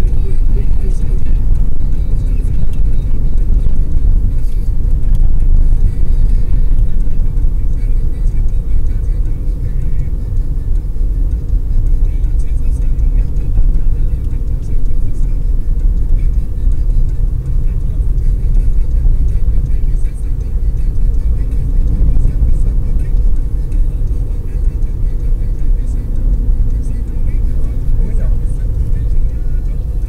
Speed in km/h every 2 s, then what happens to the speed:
48, 52, 53, 54, 54, 53, 52, 53, 54, 54, 55, 57, 58, 61, 61.
0-30 speeds up to 61.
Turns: none.